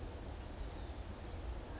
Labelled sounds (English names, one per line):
Blue-gray Gnatcatcher